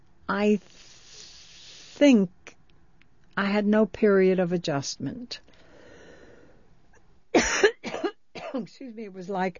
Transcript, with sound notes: I think I had no period of adjustment. (She coughs) Excuse me, it was like